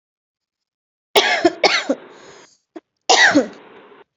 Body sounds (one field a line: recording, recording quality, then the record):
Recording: shallow voluntary cough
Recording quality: excellent, no background noise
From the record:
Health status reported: healthy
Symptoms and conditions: hypertension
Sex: female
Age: 36 years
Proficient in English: yes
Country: India